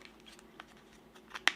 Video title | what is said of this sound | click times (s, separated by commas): First Temu Haul "Diamond Paintings" Part 3 | and it snaps in place so there | 1.5 s